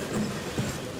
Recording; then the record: coughing mixed with background sound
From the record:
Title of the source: Mid-morning Winter Coughing Fit